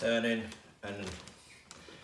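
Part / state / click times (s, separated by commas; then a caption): sweep rod connector into the next rod section / seated / 1.7 s. A chimney sweep rod connector is turned into the next rod section after its push-button is pressed, while someone talks. A short, sharp click is heard at 1.7 seconds as the connector seats, making contact and connecting the rods.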